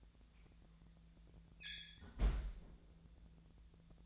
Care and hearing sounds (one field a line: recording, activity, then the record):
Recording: daily activity, microphone in the room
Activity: close fridge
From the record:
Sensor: 3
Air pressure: 1009.7 hPa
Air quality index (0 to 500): 192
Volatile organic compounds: 15 ppm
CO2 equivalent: 2496 ppm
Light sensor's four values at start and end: 38/94/40/43 and 38/94/40/43